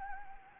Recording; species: mosquito wingbeat signal from an infrared sensor; Anopheles gambiae